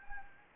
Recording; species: mosquito wingbeat signal from an infrared sensor; Anopheles gambiae